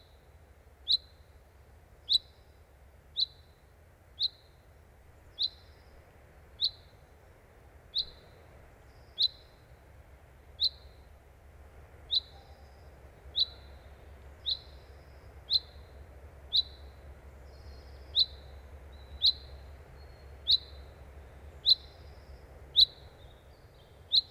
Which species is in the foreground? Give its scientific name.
Fringilla coelebs